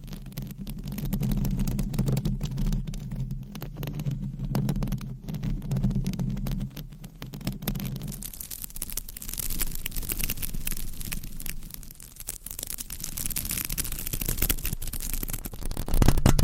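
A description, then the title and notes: Dense scratching with a steady low hum for eight seconds, then brighter, crackly rubbing that rises into sharper rasping near the end. Mic Scratching - Brain Scratching with 50 DIFFERENT MICS Covers & Nails.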